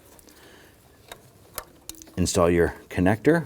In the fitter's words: continue to turn that clockwise until that little lock tab snaps back in place